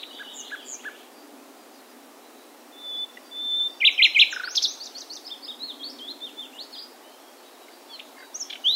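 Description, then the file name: Common nightingale song in broken phrases: scattered soft chirps, a brief whistle, then a louder burst of rich notes trailing into a series of quick chirps. "Luscinia megarhynchos"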